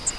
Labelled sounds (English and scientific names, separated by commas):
Grace's Warbler (Setophaga graciae) flight call